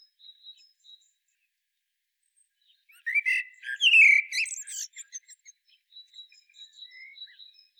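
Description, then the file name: Common blackbird: after quiet, a brief fluty phrase collapses into a scratchy high twitter; faint high notes before and after. "Turdus merula"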